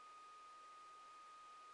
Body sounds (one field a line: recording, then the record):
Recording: brain microelectrode recording played as sound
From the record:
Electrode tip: outside the subthalamic nucleus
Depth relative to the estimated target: -10 mm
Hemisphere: left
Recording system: NeuroSet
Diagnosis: Parkinson's disease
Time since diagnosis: 9 years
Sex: male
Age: 61 years